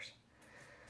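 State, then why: Not seated. A plastic lid is being handled and turned on the water tank of an MMlove aroma oil diffuser base, making soft, quiet handling and rubbing sounds. Nothing has seated or clicked yet; the lid has not locked on by the end of the clip.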